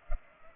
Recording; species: mosquito wingbeat signal from an infrared sensor; Culex pipiens